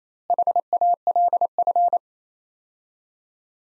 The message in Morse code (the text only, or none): HALF